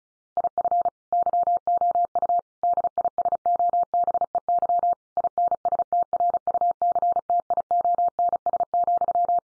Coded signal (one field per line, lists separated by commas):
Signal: Morse code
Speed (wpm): 34 wpm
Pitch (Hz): 700 Hz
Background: none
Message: IF YOU DISOBEY INSTRUCTIONS,